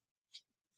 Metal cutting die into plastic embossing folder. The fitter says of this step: but you can hear it kind of clicking into place.